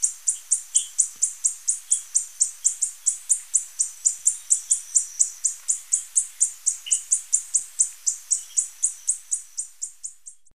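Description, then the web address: Violet-tailed sylph giving a long, steady series of high, dry chipping notes, roughly two per second, with a few fainter lower notes. Recorded in Ecuador. "Birds of Ecuador 147 Violet-tailed Sylph"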